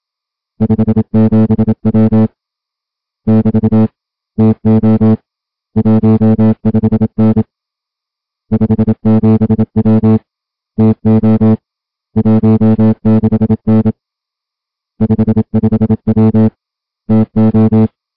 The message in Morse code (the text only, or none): 57W <BT> TO 15N 57W TO 16N 55W TO